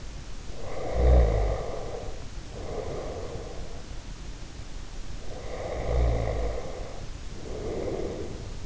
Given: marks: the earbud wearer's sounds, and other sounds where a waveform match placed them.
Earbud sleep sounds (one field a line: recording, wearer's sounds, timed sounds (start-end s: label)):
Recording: sounds in sleep by an in-ear microphone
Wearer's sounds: snoring breath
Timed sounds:
0.47-3.72 s: snoring breath
5.28-8.66 s: snoring breath